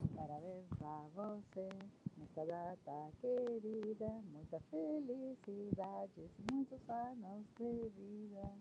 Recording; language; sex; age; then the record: short text; Brazilian Portuguese; female; 50 to 59 years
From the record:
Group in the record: control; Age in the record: 55 years